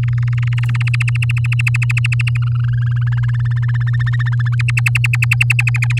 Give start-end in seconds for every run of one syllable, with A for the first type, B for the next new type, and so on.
0.03-2.37 A, 2.42-3.04 B, 3.07-4.55 C, 4.59-5.99 D